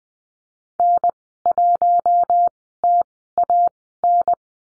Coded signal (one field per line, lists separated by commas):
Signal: Morse code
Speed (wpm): 20 wpm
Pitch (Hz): 700 Hz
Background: none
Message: N1TAN